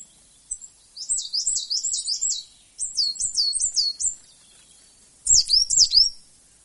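Coal tit song: high, rhythmic phrases repeated in three short runs separated by brief pauses.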